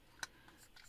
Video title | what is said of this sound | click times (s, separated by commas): 2 $ MOD LED LIGHTING MUSTANG INTERIOR LIGHT HOW TO CHANGE TO LED A MUST DO | the socket now i'll just click it into the housing | 0.2 s